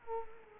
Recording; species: mosquito wingbeat signal from an infrared sensor; Culex quinquefasciatus